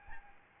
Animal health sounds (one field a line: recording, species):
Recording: mosquito wingbeat signal from an infrared sensor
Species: Aedes albopictus